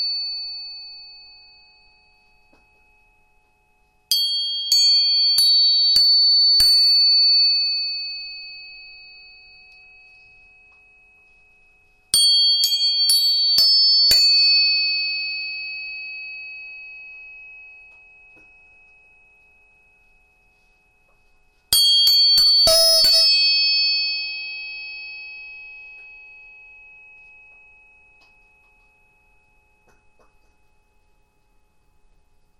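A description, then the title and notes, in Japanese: A tuning fork is struck three times, near 4, 12 and 22 seconds, each strike a bright clicking attack followed by a clear, steady high ringing tone that slowly fades over several seconds. A few lower and higher overtones ring alongside, in a quiet small room. 音叉チューニング。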